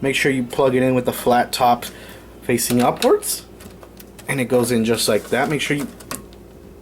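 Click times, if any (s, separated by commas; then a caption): none. An HDMI cable plug is pushed into the rear HDMI port of a Sony Blu-ray player with 4K upscaling, flat top facing upwards, while someone talks. A few faint handling taps sound between the speech, but the plug has not seated or clicked yet.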